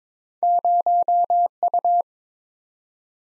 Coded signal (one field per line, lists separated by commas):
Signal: Morse code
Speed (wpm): 22 wpm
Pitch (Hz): 700 Hz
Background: none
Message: 0U